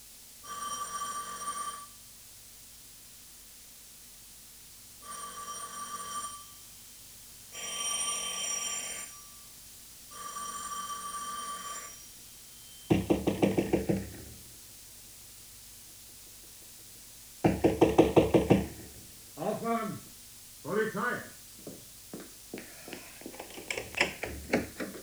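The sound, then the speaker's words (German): A doorbell rings insistently, four long buzzing rings in a steady rhythm with short gaps between them, followed by louder bursts of clattering noise. “Ist das eine Art, so irre zu klingeln?”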